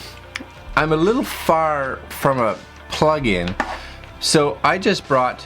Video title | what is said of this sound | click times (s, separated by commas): Best Electric Heated Eye Mask? - Sysrion USB heated Infrared Heated Eye Mask | So this just goes in there, makes a nice little click, which is great. | 0.4 s